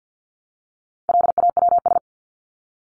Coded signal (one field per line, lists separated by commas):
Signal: Morse code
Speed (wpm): 48 wpm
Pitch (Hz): 700 Hz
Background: none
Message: LAWS